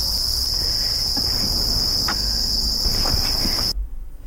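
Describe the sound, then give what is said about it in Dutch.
A steady, high-pitched chorus of crickets, bred and sold by Margot, trills continuously like tiny bells over a low rumbling background, then cuts off abruptly near the end. “En jij zei al, Margot verkoopt ze ook, die krekels.”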